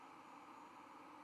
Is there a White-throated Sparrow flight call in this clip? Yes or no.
no